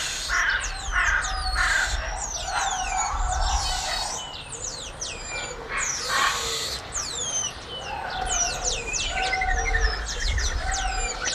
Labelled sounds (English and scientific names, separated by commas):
Cottontop Tamarin (Saguinus oedipus) call